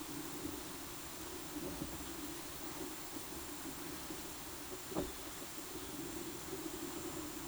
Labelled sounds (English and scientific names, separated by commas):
none